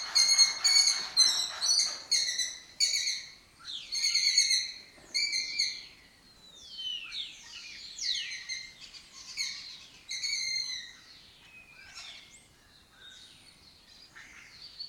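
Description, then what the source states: Lesser kestrel calls: loud, harsh, rasping notes in quick repeated bursts, fading to scattered sharp downslurred calls over the second half. Colony occupying an abandoned house complex in Doñana; migratory raptor that forages in West Africa and breeds in southern Europe.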